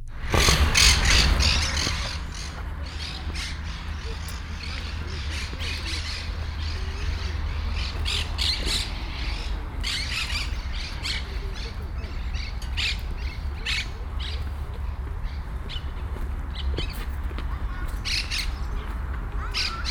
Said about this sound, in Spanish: Pero estos son pajaritos, pero no los pajaritos habituales. Estos son es una especie de pájaro que llaman la cotorra argentina, que se ha masificado mucho